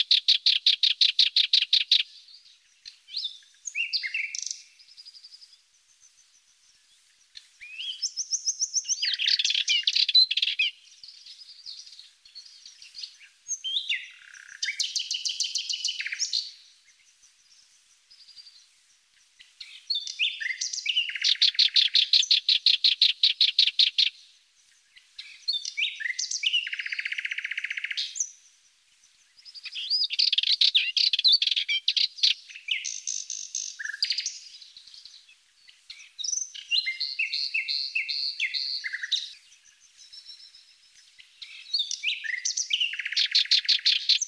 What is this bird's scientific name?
Sylvia melanocephala